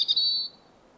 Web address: SETE data Erithacus rubecula